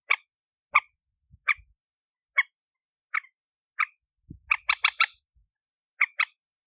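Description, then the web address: Chicken squawks: short, harsh notes spaced under a second apart, then a rapid burst of four and a final pair, with faint low knocks. "aswat Dajaj Alma"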